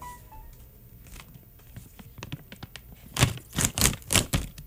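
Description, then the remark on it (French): Faint crinkling and scattered clicks give way to four or five loud, rasping rips as a tough, sturdy eco-friendly food package is torn open in quick, jerky pulls, tearing almost like paper. “c'est le moment d'ouvrir l'emballage, donc je baisse la trame”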